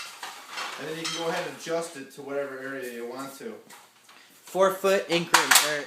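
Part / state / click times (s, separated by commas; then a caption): leg leveler lock on an aluminum ladder leg / seated / 0.2 s. On a Little Giant Xtreme aluminum ladder, the spring-loaded leg-leveler lock at the bottom of a metal extension ladder leg is pushed in and locks into place with one short metallic hit at 0.2 s. Someone talks throughout the clip.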